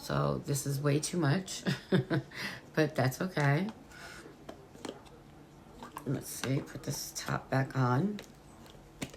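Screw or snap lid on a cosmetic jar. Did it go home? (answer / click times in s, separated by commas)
no / none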